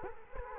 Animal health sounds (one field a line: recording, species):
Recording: mosquito wingbeat signal from an infrared sensor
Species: Culex quinquefasciatus